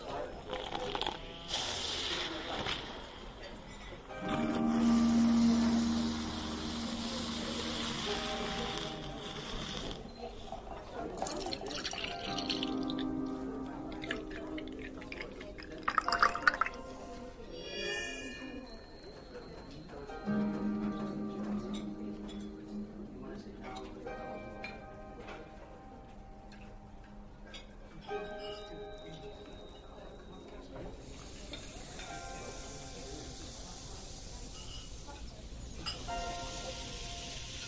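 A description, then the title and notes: Fantasy fairy cafe ambience with a steady murmur of soft voices and clinking under a low hum. Bright chimes and tinkling sparkles ring out now and then, strongest near 16–18 seconds and around 30 seconds, with a soft whooshing swell returning at intervals. Fantasy fairy cafe asmr ambience.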